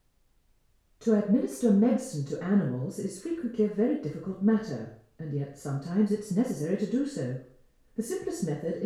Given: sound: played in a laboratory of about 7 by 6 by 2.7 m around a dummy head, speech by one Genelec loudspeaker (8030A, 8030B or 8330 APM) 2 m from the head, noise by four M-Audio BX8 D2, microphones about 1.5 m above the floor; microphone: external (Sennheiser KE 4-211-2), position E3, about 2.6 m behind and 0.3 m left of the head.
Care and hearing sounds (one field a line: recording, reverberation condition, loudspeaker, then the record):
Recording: female speech in English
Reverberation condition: medium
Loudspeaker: behind (180 degrees)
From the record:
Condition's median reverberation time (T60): about 510 ms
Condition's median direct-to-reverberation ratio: about -0.5 dB